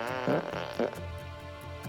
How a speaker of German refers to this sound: Das kann ich noch überbieten, kleinen Moment. Und jetzt kommt das Pups-Konzert.